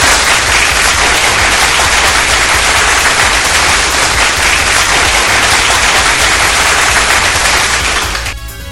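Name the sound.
applause sound effect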